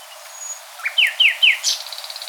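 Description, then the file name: Common nightingale song phrase: a thin high whistle, then three loud descending slurred whistles in quick succession ending in a buzzy high note. "Luscinia megarhynchos"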